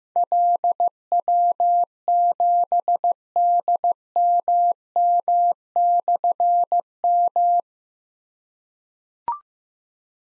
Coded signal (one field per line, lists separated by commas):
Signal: Morse code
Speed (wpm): 15 wpm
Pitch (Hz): 700 Hz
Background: none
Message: LW7DMM/M